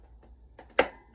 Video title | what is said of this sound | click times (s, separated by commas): Stinger Replacement Bulb for BKC90 Cordless Rechargeable Zapper | You guys heard that click, and then it's in there. | 0.8 s